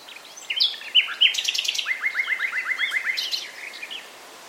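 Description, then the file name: Common nightingale song: varied whistled and buzzy notes, then a fast run of about a dozen repeated chirps, ending in scattered high notes. "Luscinia megarhynchos"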